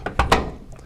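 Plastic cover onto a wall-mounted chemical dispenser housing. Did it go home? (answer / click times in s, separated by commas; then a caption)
yes / 0.2 s, 0.3 s. After repairs, the plastic front cover is pushed back onto the housing of a wall-mounted chemical dispenser the same way it came off. A faint tap comes first, then two sharp plastic snaps at 0.2 s and 0.3 s, followed by a quieter tick near the end. The cover snaps into place and is seated.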